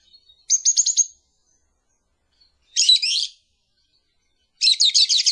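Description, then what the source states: Lovebird making three short bursts of shrill, fast-pulsed trilling chatter, separated by silent gaps. Lure call used to attract lovebirds.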